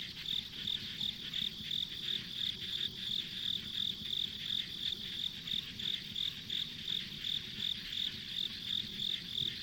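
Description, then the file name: High insect chirps pulse steadily around three per second, with a constant hissing insect chorus and low rumble beneath. Ambient insect sounds on a rural country road. "田舎道の虫の環境音"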